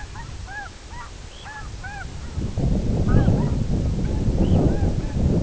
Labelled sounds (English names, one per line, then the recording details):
unidentified sound
Red Phalarope
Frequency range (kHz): Red Phalarope 2.5-3.8 kHz
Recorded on Arctic tundra, site IGLO-B, on 24 June 2018
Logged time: 17:59